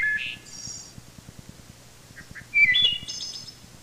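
Wood thrush sings two phrases, each a liquid fluted note followed by a high, ringing trill; soft low notes lead into the second.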